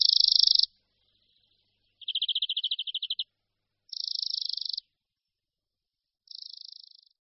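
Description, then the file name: European greenfinch giving nasal wheezes with a single trill between them, the last wheeze softer. "Zvonek-zelený"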